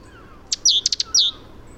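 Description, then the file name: Great tit calls: one sharp high note, a downslurred whistle, three quick ticking notes, then a second falling slur, all high-pitched over a quiet background. "Parus major"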